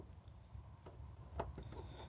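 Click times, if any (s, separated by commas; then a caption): 1.4 s. A plastic dust cap is set over the back of the headlight housing on an Infiniti JX35/QX60 at an angle and twisted until it locks. Soft handling rustle leads to one sharp click at 1.4 s as it seats firmly, followed by faint scraping.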